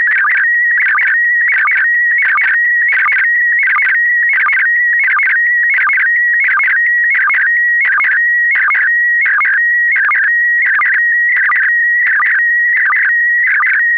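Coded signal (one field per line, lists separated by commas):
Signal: SSTV (slow-scan television)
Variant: PD90 mode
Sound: warbling, chirping tone repeating rhythmically about every 0.7 seconds, with brief low blips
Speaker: Daarnaast is er morsen en een SSTV-afbeelding, een nostalgische, in PD90.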